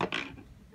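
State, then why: Seated. A plastic washer backing is pushed onto the shank of a plastic safety eye in a loom-knit toy, one and a half clicks so the eye sits buried in the face. Two sharp plastic clicks are heard at 0.0 s and 0.1 s, followed by a short fading rub. The backing ratchets on and is seated.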